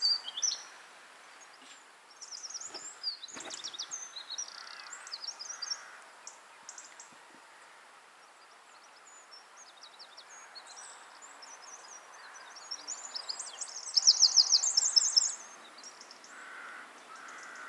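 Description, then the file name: Eurasian wren song, mostly soft high twittering, rising to a loud rapid trill near the end, amid quiet background noise. "Troglodytes troglodytes"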